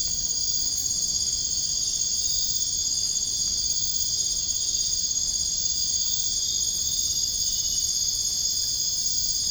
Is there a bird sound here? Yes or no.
no